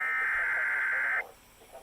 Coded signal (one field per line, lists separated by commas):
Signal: Emergency Alert System (SAME) tones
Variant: header bursts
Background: speech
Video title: EAS 1923 SVR NWS Binghamton